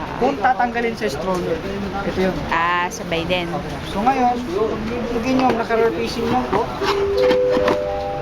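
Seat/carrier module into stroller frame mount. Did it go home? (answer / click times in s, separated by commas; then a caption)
no / none. A seat or carrier module is being handled and pushed onto a stroller frame mount while someone talks throughout. The clip ends before the part goes home, so nothing has seated or clicked yet.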